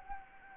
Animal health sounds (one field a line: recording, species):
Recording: mosquito wingbeat signal from an infrared sensor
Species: Anopheles gambiae